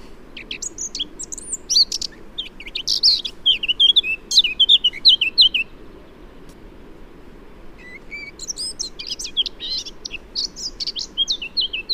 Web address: SETE Sylvia atricapilla